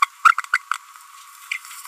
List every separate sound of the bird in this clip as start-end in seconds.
0.02-0.05, 0.28-0.32, 0.52-0.58, 0.71-0.73, 1.51-1.53